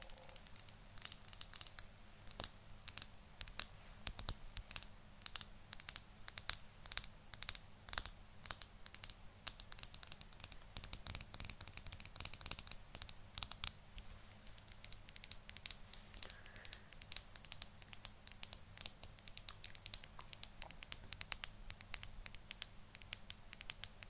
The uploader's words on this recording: ASMR Tapping For Sleep & Relaxation.